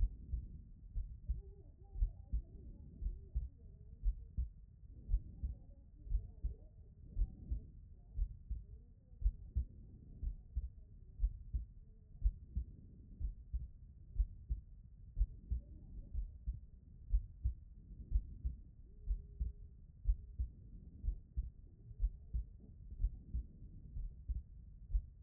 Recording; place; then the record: heart sounds by stethoscope; pulmonary valve (PV)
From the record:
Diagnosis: non-HFrEF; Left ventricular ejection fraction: 70%